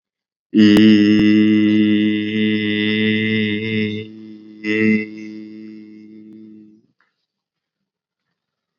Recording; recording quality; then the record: sustained vowel as in beet; excellent, no background noise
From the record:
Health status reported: COVID-19 positive, mild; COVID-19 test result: positive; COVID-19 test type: RT-PCR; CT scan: not taken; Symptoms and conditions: cough, fever, fatigue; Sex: male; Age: 26 years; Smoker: no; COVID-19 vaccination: both doses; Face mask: worn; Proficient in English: yes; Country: India